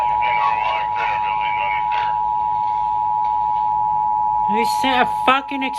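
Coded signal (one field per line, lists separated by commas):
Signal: Emergency Alert System (SAME) tones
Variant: 853 and 960 Hz attention tone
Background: speech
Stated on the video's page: Flood warnings received on NOAA Weather Radio at 162.550 and 162.475 MHz, FM and HD radio stations, and a TV station.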